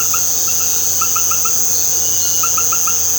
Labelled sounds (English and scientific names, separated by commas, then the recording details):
none
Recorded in pastures near Puerto Asís, Putumayo, Colombia, on 12 March 2025 at 19:00
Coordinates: 0.466, -76.322
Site CSA-02